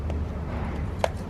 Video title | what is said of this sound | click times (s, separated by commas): 2009-2016 2.0L Volkswagen Tiguan - Upstream Oxygen (O2) Sensor Replacement | snap that connector back on this one | 1.0 s